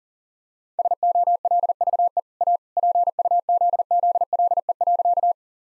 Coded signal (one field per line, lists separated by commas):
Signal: Morse code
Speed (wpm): 37 wpm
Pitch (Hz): 700 Hz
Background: none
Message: SOLVE A PUZZLE.